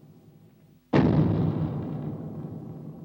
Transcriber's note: soundbite of large footsteps and roar